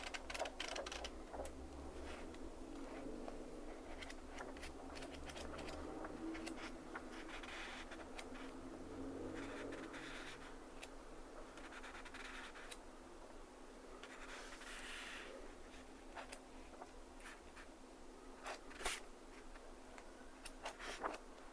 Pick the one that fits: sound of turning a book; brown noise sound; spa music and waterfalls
sound of turning a book